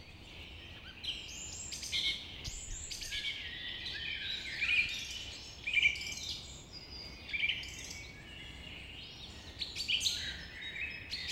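Forest birds sing continuously, several voices overlapping in a dense, bright chorus of chirps and trills. Louder, closer calls stand out around two, five, six, seven and ten seconds over the steady chatter, with a faint low hum of outdoor noise beneath.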